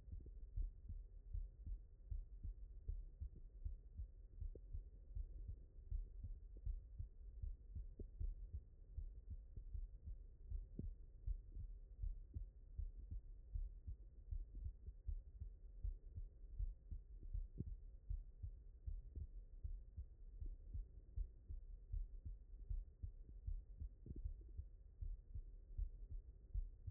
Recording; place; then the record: heart sounds by stethoscope; mitral valve (MV)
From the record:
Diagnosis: non-HFrEF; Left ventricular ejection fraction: 60%